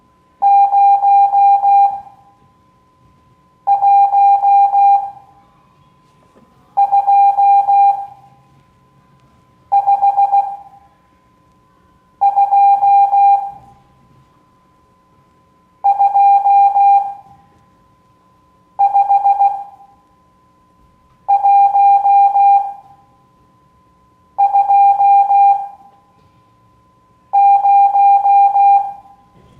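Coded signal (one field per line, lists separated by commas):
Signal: Morse code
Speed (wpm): 16 wpm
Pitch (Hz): 800 Hz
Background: none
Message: 0125225120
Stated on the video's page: Morse code class lesson.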